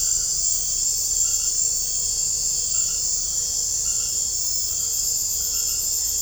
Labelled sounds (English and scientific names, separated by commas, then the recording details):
none
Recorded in secondary vegetation near Puerto Asís, Putumayo, Colombia, on 21 December 2024 at 19:30
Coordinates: 0.498, -76.327
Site GP07